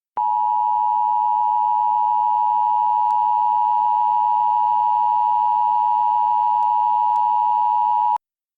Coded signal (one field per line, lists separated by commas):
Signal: Emergency Alert System (SAME) tones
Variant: 853 and 960 Hz attention tone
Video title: (WARNING: VALID TONES) EAS Mock: Flash Flood Emergency; Lynchburg, VA